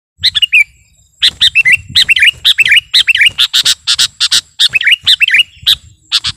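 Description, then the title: Sooty-headed bulbul singing a lively, nearly continuous string of quick chirping, warbled notes after a brief opening phrase, with soft low rumble underneath. "kutilang"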